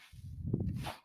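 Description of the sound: A low, buzzing mechanical hum lasting about a second, ending in a soft airy hiss: a ventilator cycling.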